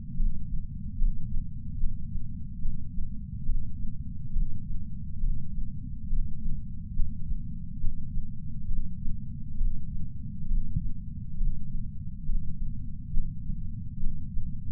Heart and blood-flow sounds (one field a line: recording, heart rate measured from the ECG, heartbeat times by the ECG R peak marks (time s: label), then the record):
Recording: heart sounds by patch sensor on the chest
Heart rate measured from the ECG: 69 bpm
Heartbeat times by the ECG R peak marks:
0.17 s: heartbeat
0.99 s: heartbeat
1.79 s: heartbeat
2.62 s: heartbeat
3.46 s: heartbeat
4.33 s: heartbeat
5.20 s: heartbeat
6.10 s: heartbeat
6.96 s: heartbeat
7.81 s: heartbeat
8.68 s: heartbeat
9.58 s: heartbeat
10.48 s: heartbeat
11.37 s: heartbeat
12.26 s: heartbeat
13.14 s: heartbeat
14.00 s: heartbeat
From the record:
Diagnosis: coronary artery disease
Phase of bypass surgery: preoperative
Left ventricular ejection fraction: 50.2%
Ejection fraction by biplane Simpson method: 54%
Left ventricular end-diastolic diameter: 54 mm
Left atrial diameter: 42 mm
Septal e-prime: 4.1 cm/s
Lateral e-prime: 7.1 cm/s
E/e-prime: 7.2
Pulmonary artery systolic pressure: 19 mmHg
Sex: male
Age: 60 years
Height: 170 cm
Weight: 103 kg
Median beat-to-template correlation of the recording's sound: 0.82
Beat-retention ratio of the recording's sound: 0.99